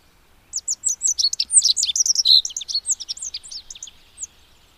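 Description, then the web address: Rock bunting song, a quick run of sharp, high-pitched tinkling notes over about four seconds, with a few brighter whistled slurs in the middle. "agykontroll Madardalok Cd 2. Bajszos sármány"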